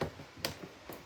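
A hand-held Tupperware can opener, hooked over the rim of a can of light coconut milk, is turned clockwise until the lid's seal breaks. A sharp, bright click is heard at 0.5 s, with fainter ticks at the start and near the end. The lid is released.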